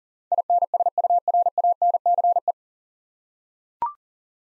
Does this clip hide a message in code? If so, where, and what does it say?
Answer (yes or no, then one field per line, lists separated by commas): yes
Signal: Morse code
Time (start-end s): 0.3-2.5 s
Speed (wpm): 40 wpm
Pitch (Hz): 700 Hz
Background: none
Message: INSURANCE